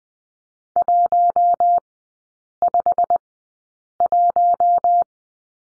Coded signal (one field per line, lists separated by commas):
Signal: Morse code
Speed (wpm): 20 wpm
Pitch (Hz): 700 Hz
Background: none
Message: 151